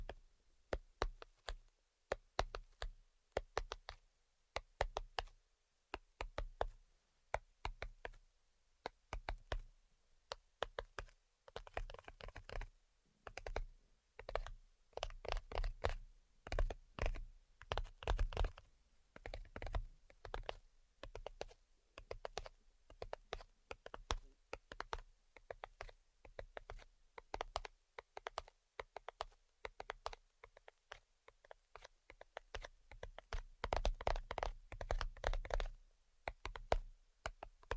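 Tapping in quick, uneven bursts, like fingers drumming or keys being struck, runs through the whole clip. Each tap is short and sharp with a dull low thud beneath, clustering densely in places and thinning briefly around the middle before picking up again.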